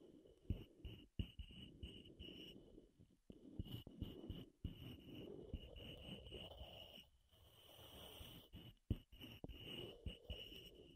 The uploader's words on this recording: ASMR Wood Triggers in Your Ears (No Talking).